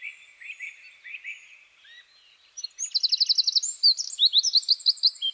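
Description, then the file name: Eurasian wren song: a few soft chirps, then a loud, rapid, high trill of fast repeated notes followed by bright warbled phrases. "Troglodytes troglodytes"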